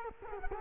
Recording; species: mosquito wingbeat signal from an infrared sensor; Culex quinquefasciatus